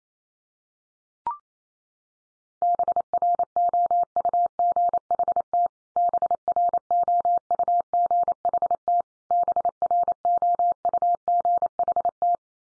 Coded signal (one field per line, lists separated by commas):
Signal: Morse code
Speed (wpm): 28 wpm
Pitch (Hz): 700 Hz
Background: none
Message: BROUGHT BROUGHT BROUGHT